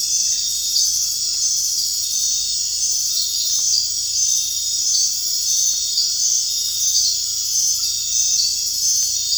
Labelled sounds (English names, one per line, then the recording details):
none
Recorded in dense forest near Puerto Asís, Putumayo, Colombia, on 21 March 2025 at 19:30
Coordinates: 0.484, -76.317
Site G064